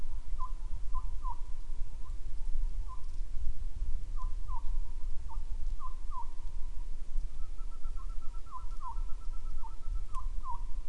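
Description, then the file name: Bird calls: brief downslurred whistles in irregular pairs and triplets, with a faint higher steady-pitched note series joining later, under constant low rumbling noise. "mainly bird"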